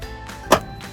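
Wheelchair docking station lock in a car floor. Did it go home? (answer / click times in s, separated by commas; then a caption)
released / 0.5 s. A release button is pressed on an in-car wheelchair docking station lock set in the car floor, and the lock lets go of the wheelchair with one sharp, bright click at 0.5 s over a steady low background hum, after a softer thump near the start. The lock is released, which starts a timed window for reversing the wheelchair out of the docking station.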